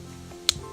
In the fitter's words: Ça fait un petit clip quand je l'ouvre, mais quand on ferme, ça clipse pas.